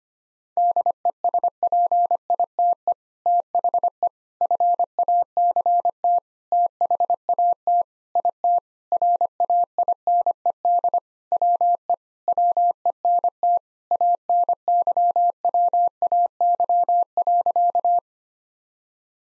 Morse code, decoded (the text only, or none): DESPITE THE FACT THAT IT RAINED WE WENT ANYWAY.